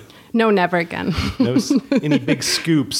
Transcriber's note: chuckle